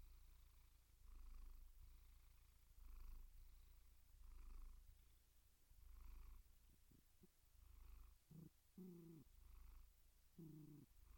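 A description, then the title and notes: A cat purrs steadily, the low rumble swelling and easing in a regular rhythm about every one and a half seconds. Toward the end, a few short, soft vocal sounds break through, around eight to eleven seconds. Relaxing Cat Meow Sounds. You'll encounter a symphony of gentle cat meows. Gentle, rhythmic purring.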